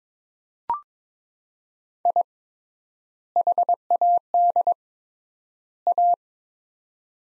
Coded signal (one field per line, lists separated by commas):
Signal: Morse code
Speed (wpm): 22 wpm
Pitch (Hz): 700 Hz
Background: none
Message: I HAD A